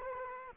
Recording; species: mosquito wingbeat signal from an infrared sensor; Culex quinquefasciatus